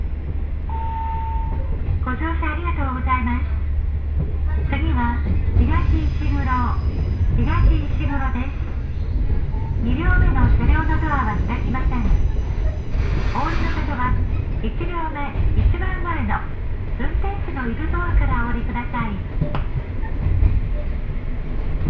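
A two-car diesel train runs leisurely along the line, its low engine rumble steady underneath the whole time. A short tone sounds near the start, and a voice speaks in phrases throughout, like an onboard announcement, with brief pauses between them.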